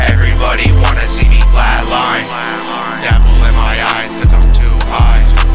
Baby sleep heartbeat.